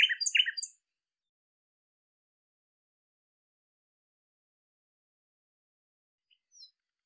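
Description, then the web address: Bird chirps, a quick burst of a few sharp, high notes in under a second, followed by near silence and a few faint chirps near the end. "cianscape birddata Deverinetal 2025"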